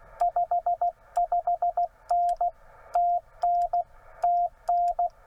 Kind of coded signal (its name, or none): Morse code